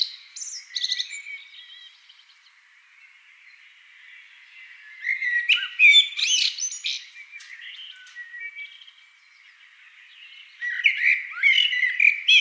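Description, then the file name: Eurasian blackbird song: a few phrases of warbled notes with high squeaky twitters, separated by quieter gaps. "amsel"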